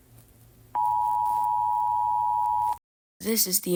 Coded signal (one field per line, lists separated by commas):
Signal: Emergency Alert System (SAME) tones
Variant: 853 and 960 Hz attention tone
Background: speech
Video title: EAS scenario 1: Charizard